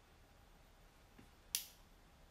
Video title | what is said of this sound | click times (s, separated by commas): Tugas 1 Jaringan Komputer - Universitas Terbuka | sampai terdengar suara klik. | 1.5 s